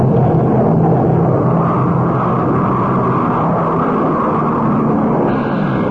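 An airplane flying back to England after dropping parachutists drones overhead, a steady, loud engine roar with a deep low rumble and broad hiss that holds fairly even throughout, with no voices.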